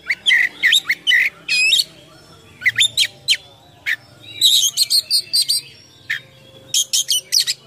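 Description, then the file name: Oriental magpie-robin song full of varied whistles, harsh buzzy notes and quick chattering phrases, delivered in energetic bursts with short pauses. Full, lively song packed with imitations of other birds, a style called gacor full isian. "KACER GACOR FULL ISIAN MEWAH"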